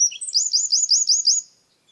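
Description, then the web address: Bird giving a short high trill of about six evenly repeated upslurred notes after a brief introductory whistle. "Bird Only"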